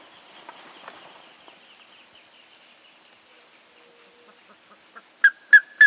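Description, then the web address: Plumbeous ibis giving three loud calls in quick succession near the end, after several seconds of faint, scattered background sounds. "sound Plumbeous-ibis. صدای-پرنده-اکراس-سربی"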